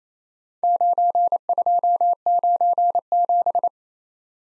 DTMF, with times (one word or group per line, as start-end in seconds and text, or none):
none